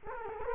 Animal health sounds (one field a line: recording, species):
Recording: mosquito wingbeat signal from an infrared sensor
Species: Culex quinquefasciatus